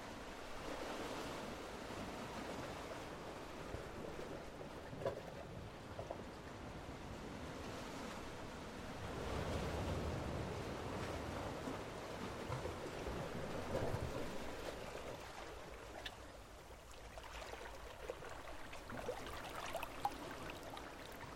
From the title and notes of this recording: Coastal Hollow - Seaweed. Everything sounds so oddly distant. The seaweed dances with the surge as the water flowed through.